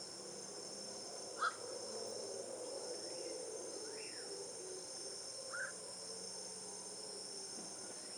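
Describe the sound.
Black-crowned night heron giving a short harsh call, then a few fainter calls, over steady high insect trilling and a low background hum.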